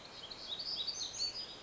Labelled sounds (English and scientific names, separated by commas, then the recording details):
Black-throated Gray Warbler (Setophaga nigrescens)
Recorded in Sonoma County, California